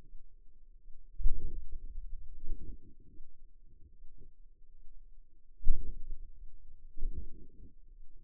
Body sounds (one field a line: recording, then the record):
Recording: forearm muscle sounds (acoustic myography)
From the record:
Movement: hand opening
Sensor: system 2, bracelet of six BSWA MPA416 microphones around the upper forearm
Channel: 1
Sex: female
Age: 23 years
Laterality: right